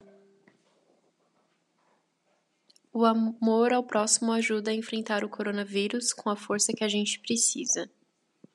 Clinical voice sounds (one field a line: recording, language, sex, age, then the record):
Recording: spoken sentence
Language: Brazilian Portuguese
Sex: female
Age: 20 to 29 years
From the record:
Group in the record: control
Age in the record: 22 years